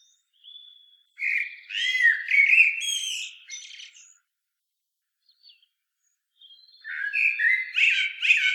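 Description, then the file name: Common blackbird singing two rich fluted phrases that rise into thin, scratchy twittering, with a long silent gap between them. "Turdus merula"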